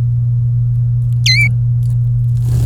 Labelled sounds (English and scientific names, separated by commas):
Domestic Canary (Serinus canaria) song